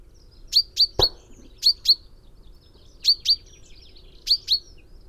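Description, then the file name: Common Chaffinch giving clear high notes in pairs and triplets, with a single low thump near the start. "Fringilla coelebs"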